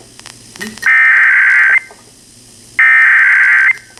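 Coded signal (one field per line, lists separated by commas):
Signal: Emergency Alert System (SAME) tones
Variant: header bursts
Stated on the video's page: Real civil emergency message cancelling an evacuation warning in San Luis Obispo County, received from several stations.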